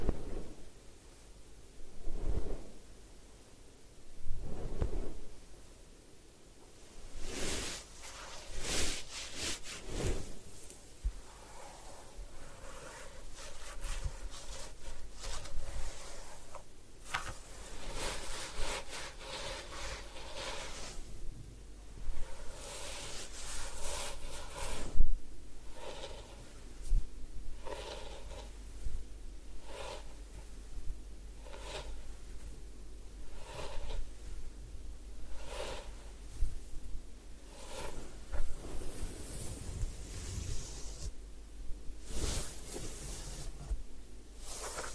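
Head spa hair wash and massage: repeated rubbing and scrubbing strokes, uneven in pace, with sharper bright swipes every few seconds over a low hum.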